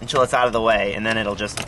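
A vehicle-specific plastic/metal fit kit clip is being handled at a Thule 480 Traverse roof rack foot, with the threaded barrel turned out of the way so the clip can slide on. Someone talks throughout, with a faint light jangle in the background. Nothing has seated or clicked yet; the clip is not home.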